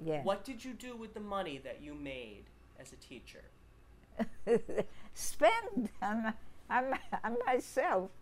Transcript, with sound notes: — what did you do with the money that you made as a teacher?
[laughs] Spend on — on — on myself.